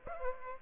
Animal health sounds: mosquito wingbeat signal from an infrared sensor; Aedes aegypti

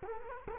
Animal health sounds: mosquito wingbeat signal from an infrared sensor; Culex quinquefasciatus

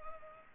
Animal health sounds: mosquito wingbeat signal from an infrared sensor; Culex pipiens

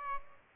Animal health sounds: mosquito wingbeat signal from an infrared sensor; Aedes albopictus

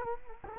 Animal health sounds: mosquito wingbeat signal from an infrared sensor; Culex quinquefasciatus

